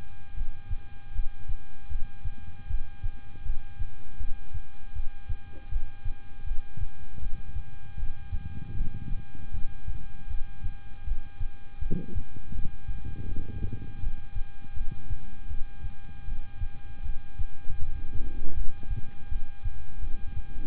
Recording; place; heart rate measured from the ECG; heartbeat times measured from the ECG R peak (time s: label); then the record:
heart sounds by stethoscope; between the tricuspid and mitral areas; 79 bpm
0.34 s: heartbeat
1.12 s: heartbeat
1.88 s: heartbeat
2.67 s: heartbeat
3.43 s: heartbeat
4.17 s: heartbeat
4.93 s: heartbeat
5.69 s: heartbeat
6.44 s: heartbeat
7.19 s: heartbeat
7.96 s: heartbeat
8.74 s: heartbeat
9.51 s: heartbeat
10.27 s: heartbeat
11.04 s: heartbeat
11.79 s: heartbeat
12.52 s: heartbeat
13.25 s: heartbeat
14.00 s: heartbeat
14.74 s: heartbeat
15.47 s: heartbeat
16.25 s: heartbeat
17.02 s: heartbeat
17.78 s: heartbeat
18.54 s: heartbeat
19.29 s: heartbeat
20.00 s: heartbeat
From the record:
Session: rest, lying down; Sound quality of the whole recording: good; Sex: male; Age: 26 years